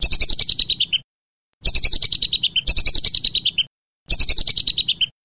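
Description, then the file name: Whistling duck giving high, rapid chirped whistles in four separate bursts, each a fast run of sharp notes, with short silent gaps between bursts. "belibis"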